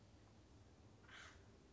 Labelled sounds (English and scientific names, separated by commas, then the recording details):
Acorn Woodpecker (Melanerpes formicivorus)
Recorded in Sonoma County, California